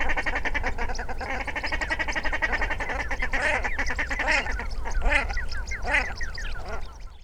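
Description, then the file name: Common shelduck calls: a dense, rapid run of nasal pulsed notes, with louder arched honking calls toward the middle and end over a steady low rumble. "Volpoca"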